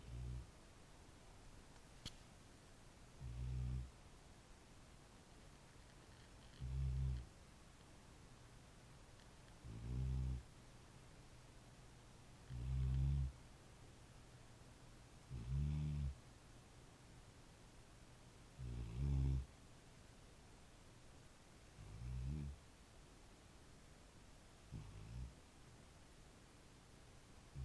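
Low, rumbling snores recur about every three seconds, roughly 19 a minute, in a fairly steady rhythm of nine bursts with quiet breathing in between. A dog is snoring in sleep on a rainy night, with a soft, constant hiss of rain behind it.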